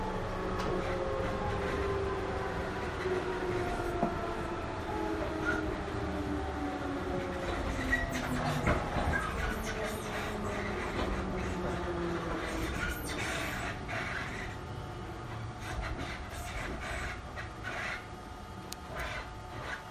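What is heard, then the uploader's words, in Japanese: A commuter train rides between Nara and Namba, heard from inside the carriage. A steady low rumble fills the clip, with gliding motor tones that slowly fall and rise as the train changes speed, and scattered clicks and knocks from the track. JR221系 奈良→JR難波。関西本線（大和路線）で録音をしました。車体は普通鋼製である。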